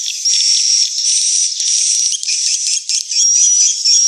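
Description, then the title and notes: Swiftlet colony chatter: rapid high twitters and rattling chirps pour out nonstop, a narrow whistle tone gliding through, with a brief lull near three seconds. Swiftlet house lure sound, Tien Giang, Vietnam. "Am thanh nha yen Akau Vietnam - Tien giang. Những âm thanh chim yến thuộc thương hiệu AKAU"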